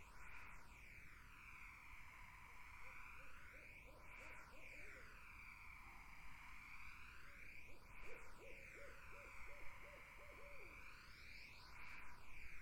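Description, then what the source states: Barred owl with a soft run of hoots early on, then a clearer rapid series of hoots later, over steady background noise. Barred owls in a summer wetland; 8D audio.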